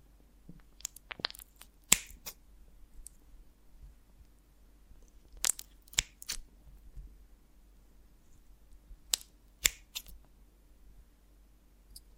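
Crisp, sharp clicks and small snaps from handling a honeycomb on a branch come in irregular clusters, around 1–2, 5.5–6.5 and 9–10 seconds. Between them, faint soft crackles sit over a low, steady hum.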